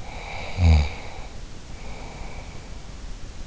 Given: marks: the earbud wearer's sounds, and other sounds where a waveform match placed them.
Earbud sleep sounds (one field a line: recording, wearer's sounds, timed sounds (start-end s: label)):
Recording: sounds in sleep by an in-ear microphone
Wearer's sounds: snoring breath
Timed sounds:
0.00-3.02 s: snoring breath